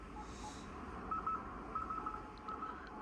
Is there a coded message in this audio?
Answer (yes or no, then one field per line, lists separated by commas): no